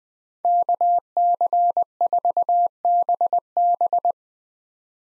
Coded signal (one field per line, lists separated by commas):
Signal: Morse code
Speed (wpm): 21 wpm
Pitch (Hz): 700 Hz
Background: none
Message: KC4BB